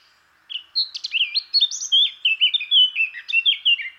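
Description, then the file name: Eurasian blackcap song: a rapid, varied warble of sliding chirps and clear, fluty whistled notes. "Sylvia atricapilla"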